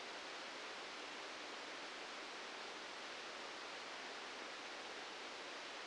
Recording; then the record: brain microelectrode recording played as sound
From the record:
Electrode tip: outside the subthalamic nucleus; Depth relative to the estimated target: 2 mm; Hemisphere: left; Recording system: NeuroSet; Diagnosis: Parkinson's disease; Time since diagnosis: 13 years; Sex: male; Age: 65 years